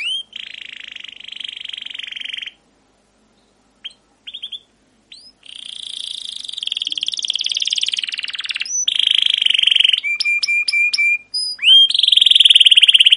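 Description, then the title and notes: Canary song with a long buzzy trill, pause, brief notes, then rolling trills, repeated short chips over a steady whistle, and a final loud trill. Captive canary song used to train other canaries; Indonesian names 'cuit cuit ngerol' and 'gacor panjang' for the chirping, rolling style, played to young birds learning sounds. "CUIT CUIT NGEROL GACOR PANJANG Kenari Pancingan KENAR. PANCINGAN Kenari GACOR PANJANG Cuit CUIT EMOSI MASTERAN Kenari PAUD belajar BUNYI. burung kenari"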